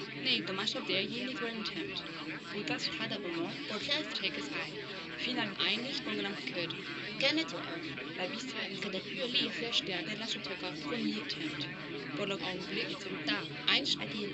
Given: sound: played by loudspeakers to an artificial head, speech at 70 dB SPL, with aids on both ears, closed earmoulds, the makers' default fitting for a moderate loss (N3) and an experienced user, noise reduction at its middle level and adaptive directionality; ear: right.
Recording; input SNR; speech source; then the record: speech test signal (ISTS) in cocktail-party noise; -3 dB; on the right (90 degrees)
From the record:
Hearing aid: class 1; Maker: D